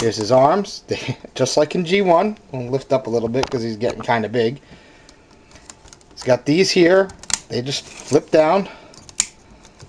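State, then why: Seated. Someone talks while transforming a Takara Masterpiece MP-13 Soundwave plastic robot figure and flips down two small parts. They lock into position with a sharp snap at 9.2 s, and they are seated.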